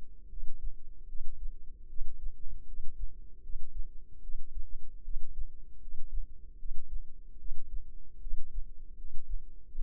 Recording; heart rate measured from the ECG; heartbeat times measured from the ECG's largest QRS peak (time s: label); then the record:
heart sounds by microphone in the left ear; 76 bpm
0.28 s: heartbeat
1.06 s: heartbeat
1.86 s: heartbeat
2.65 s: heartbeat
3.40 s: heartbeat
4.20 s: heartbeat
5.02 s: heartbeat
5.79 s: heartbeat
6.56 s: heartbeat
7.36 s: heartbeat
8.18 s: heartbeat
8.95 s: heartbeat
9.72 s: heartbeat
From the record:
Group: healthy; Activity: rest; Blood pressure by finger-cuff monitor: 115/82 mmHg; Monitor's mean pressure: 93 mmHg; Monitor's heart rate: 77 bpm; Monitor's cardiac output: 6.1 L/min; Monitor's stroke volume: 79 mL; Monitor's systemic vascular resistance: 1140 dyn s/cm5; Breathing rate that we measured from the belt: 20 breaths a minute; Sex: female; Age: 22 years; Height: 160 cm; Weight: 45 kg